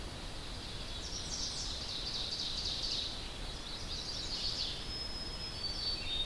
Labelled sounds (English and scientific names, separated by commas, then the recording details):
Ovenbird (Seiurus aurocapilla) song
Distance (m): 70 m
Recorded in boreal forest in Alberta, Canada, on 10 June 2016 at 08:20
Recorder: SongMeter 3, array SBT-3-39
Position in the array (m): 103 m, 216 m
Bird 18